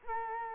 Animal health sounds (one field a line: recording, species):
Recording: mosquito wingbeat signal from an infrared sensor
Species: Culex quinquefasciatus